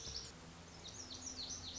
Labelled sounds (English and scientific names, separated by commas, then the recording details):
Lazuli Bunting (Passerina amoena)
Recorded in Sonoma County, California